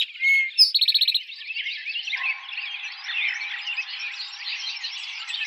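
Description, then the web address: Eastern towhee song: a whistled note and a higher upslur, then a fast trill of about eight pulses, followed by a dense chorus of many chattering birds. Recorded 4 January 2007. "Eastern Towhee 2007 01 04 Eastern Towhee"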